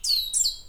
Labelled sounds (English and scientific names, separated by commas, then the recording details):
Stitchbird (Notiomystis cincta) song
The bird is a male
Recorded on Tiritiri Matangi Island, New Zealand, in 2005
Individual 4, of nest box 4